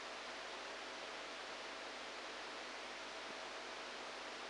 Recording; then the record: brain microelectrode recording played as sound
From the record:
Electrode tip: outside the subthalamic nucleus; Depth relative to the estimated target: 2 mm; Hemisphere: right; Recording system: NeuroSet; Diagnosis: Parkinson's disease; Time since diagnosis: 10 years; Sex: male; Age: 63 years